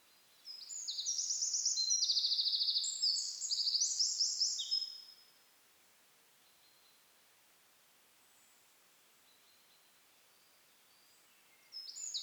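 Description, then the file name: Eurasian wren song, a five-second burst of rapid high trills, then quiet with faint notes, and a new phrase starting at the end. "Troglodytes troglodytes"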